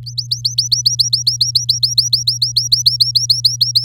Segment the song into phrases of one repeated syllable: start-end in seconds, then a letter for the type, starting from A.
0.06-3.84 A